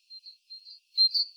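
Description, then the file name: Great tit with a few short high whistled notes, soft then louder, in a brief burst. "Parus major"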